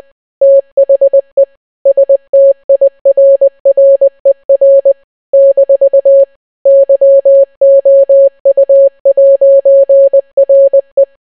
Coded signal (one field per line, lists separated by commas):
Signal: Morse code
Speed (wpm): 20 wpm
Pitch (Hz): 550 Hz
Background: none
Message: THE STIRRER - YOU'RE